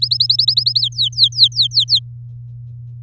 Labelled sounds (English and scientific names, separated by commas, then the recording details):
Domestic Canary (Serinus canaria) song
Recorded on 7 May 2018 at 13:41
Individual llb16